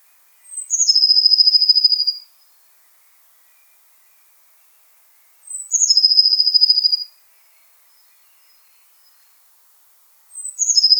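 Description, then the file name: Eurasian blue tit song: very high thin notes stepping down into a long fast buzzy trill, phrase repeated about every five seconds, otherwise quiet. "Cyanistes caeruleus"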